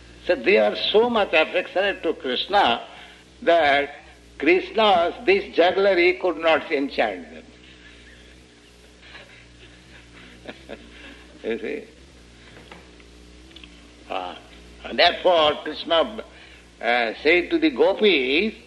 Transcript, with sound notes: So they were so much affectionate to Kṛṣṇa that Kṛṣṇa's this jugglery could not enchant them. [chuckles] You see? Therefore Kṛṣṇa said to the gopīs